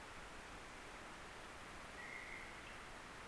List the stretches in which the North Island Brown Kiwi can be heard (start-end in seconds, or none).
none